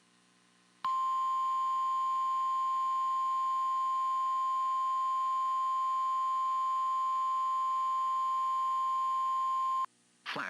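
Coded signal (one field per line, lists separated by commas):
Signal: Emergency Alert System (SAME) tones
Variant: 1050 Hz attention tone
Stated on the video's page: Flash flood warning from the Pittsburgh office on NOAA Weather Radio station KIH35, for thunderstorms with heavy rain.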